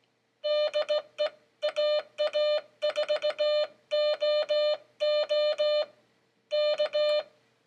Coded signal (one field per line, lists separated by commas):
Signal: Morse code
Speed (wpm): 17 wpm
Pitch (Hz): 600 Hz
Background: none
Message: DE AA4OO K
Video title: Practice Sending CW